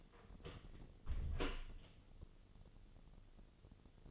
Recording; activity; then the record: daily activity, microphone in the room; close door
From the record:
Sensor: 4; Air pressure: 1016.0 hPa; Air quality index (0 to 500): 201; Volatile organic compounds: 11 ppm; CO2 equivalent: 2291 ppm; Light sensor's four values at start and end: 9/20/8/7 and 9/20/8/7